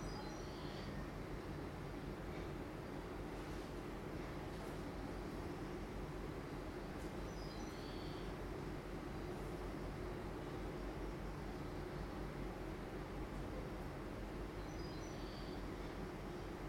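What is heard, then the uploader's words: Inside the buildings a steady, dense low rumble holds at one level throughout, with brief high chirps near one, eight and fifteen seconds. Sounds from inside the buildings.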